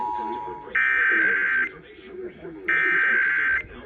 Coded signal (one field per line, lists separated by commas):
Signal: Emergency Alert System (SAME) tones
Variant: header bursts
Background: speech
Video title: December 2023 Texas Required Monthly Test (EAS #511-538)